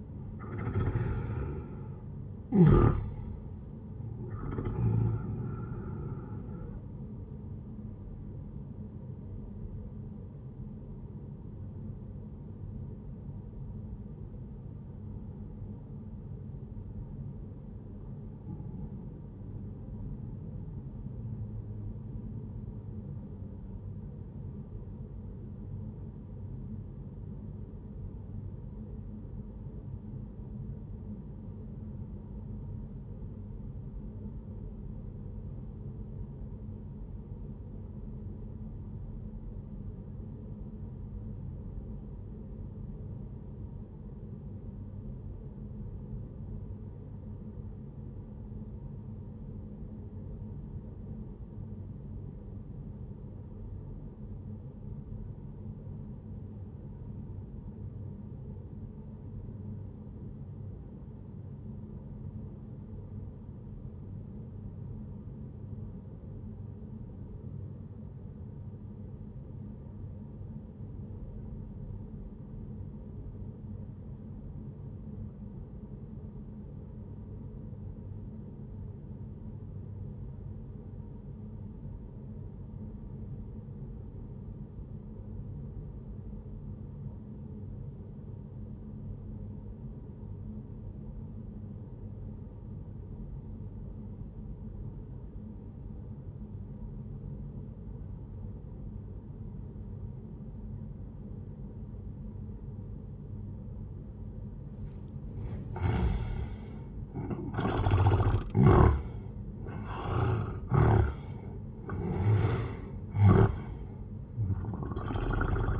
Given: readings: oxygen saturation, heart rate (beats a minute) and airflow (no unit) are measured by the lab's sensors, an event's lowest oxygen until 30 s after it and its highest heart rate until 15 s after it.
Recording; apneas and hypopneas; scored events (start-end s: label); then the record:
breathing in sleep by a smartphone at the bedside; 1
9.00-39.00 s: new sleep stage, N1 (lightest sleep)
16.00-106.20 s: obstructive apnea (N1, oxygen 97% highest, then 75% lowest, heart rate 60 at the start, 96 highest)
39.00-115.80 s: new sleep stage, REM sleep
From the record:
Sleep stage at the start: N2 (light sleep); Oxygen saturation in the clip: 80 to 97%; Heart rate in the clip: 58 to 93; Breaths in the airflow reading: 6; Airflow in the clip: -15.2 to 17.2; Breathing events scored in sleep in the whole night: 131 in 7.2 hours asleep